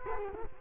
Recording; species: mosquito wingbeat signal from an infrared sensor; Culex quinquefasciatus